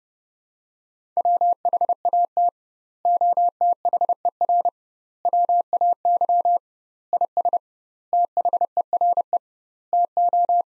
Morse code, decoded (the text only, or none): WHAT OTHER WAY IS THERE TO